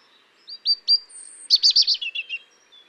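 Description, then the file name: European robin song phrase: two thin high whistles, then a rapid tumbling run of sweet, twittering notes that falls slightly in pitch. "Erithacus rubecula"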